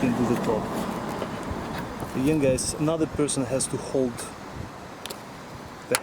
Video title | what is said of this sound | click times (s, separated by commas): Scion TC (2011-2016): Liftgate Struts Replacement. | so as you can see it easily snaps into place, and now it's properly secured | 6.0 s